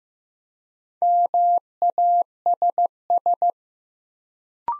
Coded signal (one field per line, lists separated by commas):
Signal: Morse code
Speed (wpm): 15 wpm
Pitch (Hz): 700 Hz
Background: none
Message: MASS